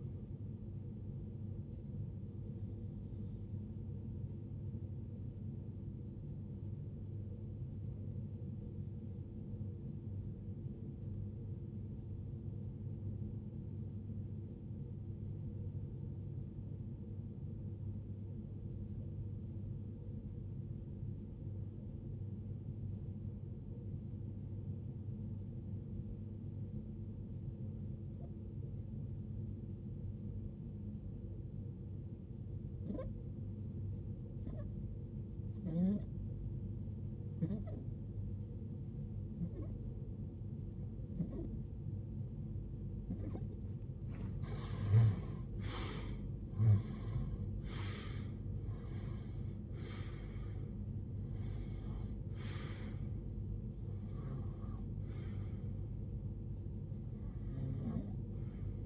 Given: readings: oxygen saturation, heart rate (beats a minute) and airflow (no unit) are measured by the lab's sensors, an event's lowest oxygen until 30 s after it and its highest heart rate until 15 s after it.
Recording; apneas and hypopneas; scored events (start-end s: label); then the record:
breathing in sleep by a smartphone at the bedside; 1
11.00-48.90 s: hypopnea (REM, oxygen 95% highest, then 80% lowest, heart rate 61 at the start, 82 highest)
56.00-58.86 s: new sleep stage, N1 (lightest sleep)
From the record:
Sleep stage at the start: REM sleep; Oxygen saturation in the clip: 79 to 95%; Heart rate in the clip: 50 to 82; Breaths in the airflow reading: 11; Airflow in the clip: -21.4 to 17.6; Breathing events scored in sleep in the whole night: 389 in 6.3 hours asleep